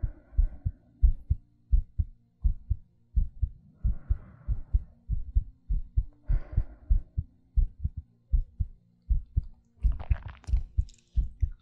ASMR Heartbeat Breathing.